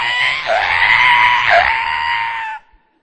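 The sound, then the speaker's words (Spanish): A human voice imitates a pig's squeal: one loud, shrill, strained cry held for about two and a half seconds, wavering and dipping briefly twice before cutting off abruptly. “Usted agarra un puerco y es un chillar.”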